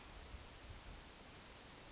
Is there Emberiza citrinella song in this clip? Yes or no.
no